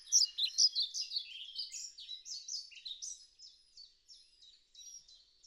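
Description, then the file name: European pied flycatcher song: a run of high, slurred, chirping notes, loudest at the start and fading into softer repeated notes toward the end. "Bonte Vliegenvanger Ficedula hypoleuca"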